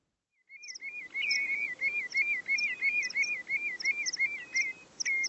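Bird calling in a fast, even chain of looping whistled notes with sharp high accents, roughly three each second, after a short silent start.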